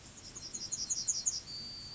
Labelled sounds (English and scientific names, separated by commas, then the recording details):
Yellowhammer (Emberiza citrinella) song
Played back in grassland
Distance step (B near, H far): E
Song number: 025